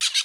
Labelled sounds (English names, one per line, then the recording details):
Brown-throated Parakeet contact call
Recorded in Bonaire
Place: 1 km E of roosting area just N of Seru Largu
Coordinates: 12.199, -68.268